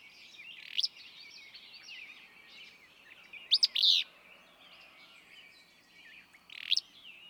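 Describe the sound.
Willow flycatcher repeating a short explosive buzzy phrase three times, set against a steady hiss and chattering birds.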